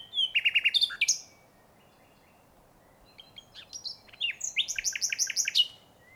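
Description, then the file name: Common nightingale song: a burst of rapid repeated notes, a long pause, then quiet twitters building into a loud series of sharp, rhythmic chirps. "canto verso usignolo luscinia megarhynchos nightangale nachtigall"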